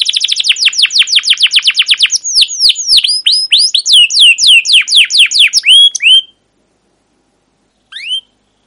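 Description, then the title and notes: Canary song: a rapid series of sharp descending chirps, then a run of looping slurred whistled notes, a pause, and one last rising note. Captive canary song used to train other canaries; Indonesian names 'cuit cuit ngerol' and 'gacor panjang' for the chirping, rolling style, played to young birds learning sounds. "CUIT CUIT NGEROL GACOR PANJANG Kenari Pancingan KENAR. PANCINGAN Kenari GACOR PANJANG Cuit CUIT EMOSI MASTERAN Kenari PAUD belajar BUNYI. burung kenari"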